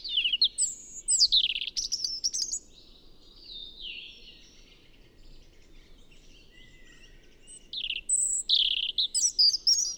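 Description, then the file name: European robin singing in short, varied bursts of high, sweet warbles and trills, with a long quieter gap of faint high notes in the middle before a final tumbling phrase. "Erithacus rubecula"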